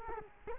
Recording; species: mosquito wingbeat signal from an infrared sensor; Culex quinquefasciatus